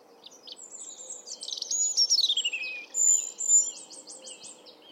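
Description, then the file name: European robin singing a short, dense phrase: a fast trill, a sweet descending whistle, then quick repeated high notes. "Erithacus rubecula"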